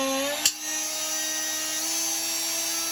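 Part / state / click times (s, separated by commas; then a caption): blade clamp jaws on an oscillating multitool head / released / 0.5 s. A Festool OSC 18 Vecturo oscillating multitool runs with no blade fitted, making a steady high-pitched whine with strong harmonics. At 0.5 s, a short, sharp snap is heard as the tool-free blade clamp's teeth spring into the open position, as they are designed to do without a blade. The motor keeps whining afterward, its pitch shifting slightly near 1.8 s; the clamp is released and nothing is wrong.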